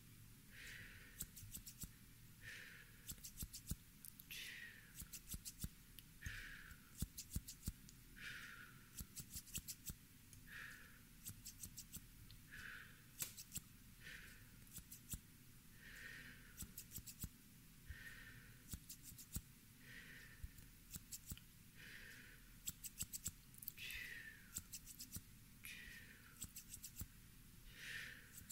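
Scissors snip through hair in a steady, regular rhythm, roughly one crisp cut every second or so, each with a bright, sharp edge. Between snips there are fine dry clicks and scratchy rustles, over a soft low hum underneath.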